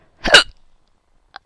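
One abrupt, gulping hiccup from an adult, then silence with a faint click at the end.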